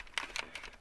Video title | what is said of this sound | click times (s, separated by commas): HOW TO INSTALL AN AFTERMARKET DOUBLE DIN RADIO IN A HYUNDAI ACCENT- New BOSS Touchscreen for my Car! | get it in there start pushing down and around you can hear it snapping in | 0.2 s, 0.4 s